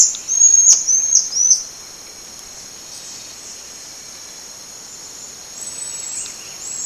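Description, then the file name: Buffy-tufted marmoset giving three quick, very high whistled notes at the start, then only a steady high background hiss. Recorded in Salesópolis, São Paulo, Brazil, on 27 April 2013. "Callithrix aurita Salesopolis SP Brasil 27 4 2013 ASilveira"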